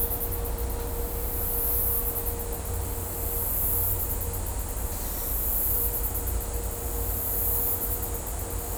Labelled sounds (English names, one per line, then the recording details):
none
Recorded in dense forest near Puerto Asís, Putumayo, Colombia, on 20 December 2024 at 14:30
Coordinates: 0.503, -76.323
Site G043